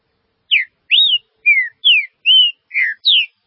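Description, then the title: Green-winged saltator singing a phrase of seven clear whistled notes, each sliding down or arching, delivered quickly in about three seconds with short gaps between. "Trinca Ferro"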